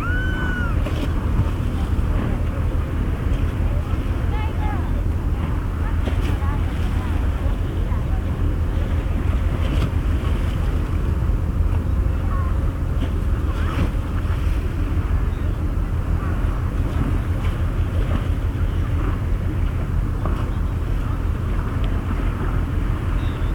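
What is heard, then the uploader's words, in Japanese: Yokohama Port, with a heavy, steady low rumble like a boat engine and wind buffeting that holds at one level for the whole time. A few faint brief tones sound near the start, and light scattered clicks and knocks ride over the drone. とある日の横浜港。Mic: Mu6 Lifelike2。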